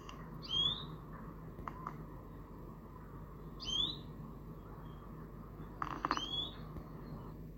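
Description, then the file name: European greenfinch calls: three short rising notes spaced roughly three seconds apart, over a steady low rumble with a few faint clicks. "Chloris chloris"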